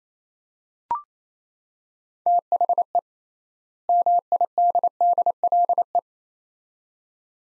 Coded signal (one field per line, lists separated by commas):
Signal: Morse code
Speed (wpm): 28 wpm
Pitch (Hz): 700 Hz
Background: none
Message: THE MIDDLE